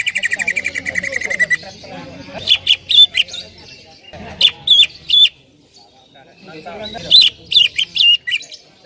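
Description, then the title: Bird opening with a rapid rattling trill, then groups of sharp high squeaky notes separated by short gaps. "Kicau Burung"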